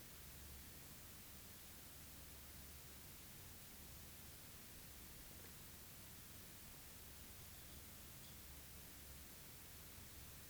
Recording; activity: daily activity, guitar pickup as the sensor; drink water